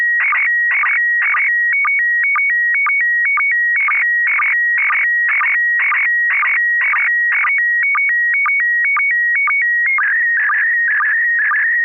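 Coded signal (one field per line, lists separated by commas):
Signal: SSTV (slow-scan television)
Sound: steady rhythmic warbling tones switching between two high pitches, with quick low chirps each line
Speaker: this is kp4md this is a uh a view of the uh uh it's a transceiver it's a Chinese transceiver it's the USDX plus it's a single board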